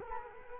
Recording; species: mosquito wingbeat signal from an infrared sensor; Culex quinquefasciatus